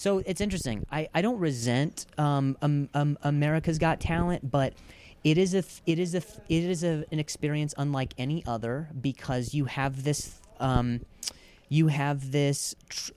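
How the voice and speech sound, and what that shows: Adult man speaking with a stutter: a triple part-phrase repetition ('it is, it is, it is'), prolonged fillers and hesitations.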